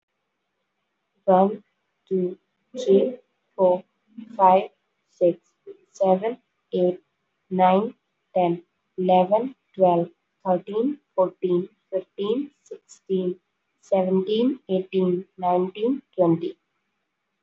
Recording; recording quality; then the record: counting at a normal pace; moderate, slight background noise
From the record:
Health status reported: healthy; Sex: female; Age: 23 years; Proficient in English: yes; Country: India